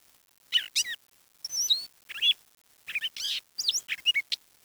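Bird giving bursts of high, sharply rising and falling chirps and squeaky whistles, in quick clusters separated by short silences.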